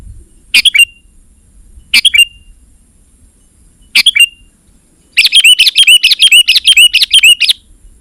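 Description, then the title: Sooty-headed bulbul song: three separate short chirped phrases, then a fast bubbling run of repeated bright notes lasting over two seconds. "kutilang"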